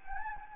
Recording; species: mosquito wingbeat signal from an infrared sensor; Anopheles gambiae